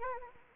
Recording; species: mosquito wingbeat signal from an infrared sensor; Anopheles arabiensis